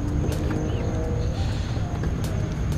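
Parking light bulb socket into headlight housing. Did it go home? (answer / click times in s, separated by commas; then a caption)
no / none. A parking light bulb socket is handled as it is pushed back into the headlight housing of an MK5 GTI car. Nothing has seated or clicked yet. Only a steady low background hum and faint handling noise are heard.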